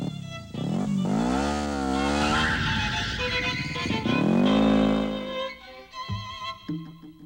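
A motorcycle engine revs hard, its pitch climbing in two loud surges before it roars off and the sound breaks up and trails away.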